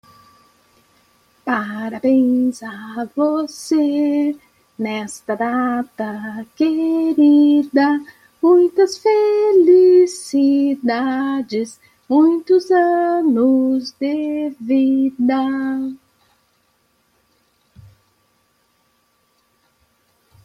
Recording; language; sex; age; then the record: short text; Brazilian Portuguese; female; 50 to 59 years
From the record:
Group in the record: control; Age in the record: 54 years